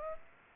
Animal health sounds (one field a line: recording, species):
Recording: mosquito wingbeat signal from an infrared sensor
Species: Aedes aegypti